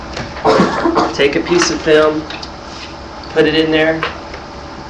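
An x-ray film cassette is being handled while a sheet of film is loaded, with its lid not yet closed onto the cassette body. Someone talks throughout, with a brief handling sound near 0.2 seconds. Nothing has seated or clicked yet.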